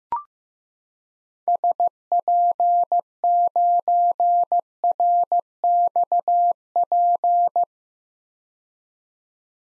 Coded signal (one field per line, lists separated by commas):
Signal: Morse code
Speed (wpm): 15 wpm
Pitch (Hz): 700 Hz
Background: none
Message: SP9RXP